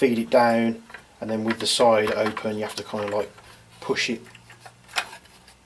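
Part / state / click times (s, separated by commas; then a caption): add-on part pushed onto its mounting piece on an airsoft rifle / seated / 5.0 s. A part is pushed over onto its mounting piece on an airsoft rifle while someone talks, which takes a little effort. It clicks into place at 5.0 s with a short, sharp snap, and the part is seated.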